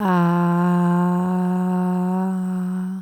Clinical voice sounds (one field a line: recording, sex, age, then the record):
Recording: sustained vowel /a/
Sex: female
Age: 30 to 39 years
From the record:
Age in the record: 34 years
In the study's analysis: included